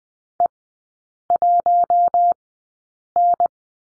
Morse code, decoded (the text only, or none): E1N